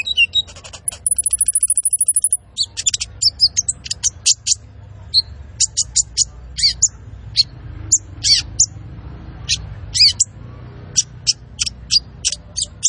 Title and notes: MASTERAN KOLIBRI NINJA TERBAIK FULL ISIAN DAN TEMBAKAN MEWAH COCOK BUAT PANCINGAN. Suara Burung Kolibri Ninja Gacor